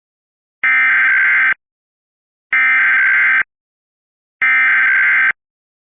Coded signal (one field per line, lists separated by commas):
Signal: Emergency Alert System (SAME) tones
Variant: header bursts